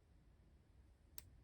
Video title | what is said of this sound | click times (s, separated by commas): Mini-Z 4x4 Motor Upgrade and Neo Magnet Swap! | and it'll click into place | 1.2 s